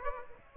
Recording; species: mosquito wingbeat signal from an infrared sensor; Aedes aegypti